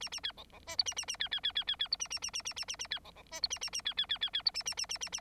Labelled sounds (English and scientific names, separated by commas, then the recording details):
Bengalese Finch (Lonchura striata domestica) song
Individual Bird9